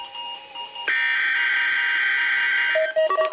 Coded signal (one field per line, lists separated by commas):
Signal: Emergency Alert System (SAME) tones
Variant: header bursts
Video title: Required Weekly Test - 12/23/15 (EAS #1,037)